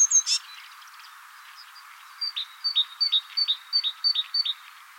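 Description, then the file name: Great tit, after a couple of sharp bursts, repeating a falling two-note phrase about seven times at an even pace. "Parus major"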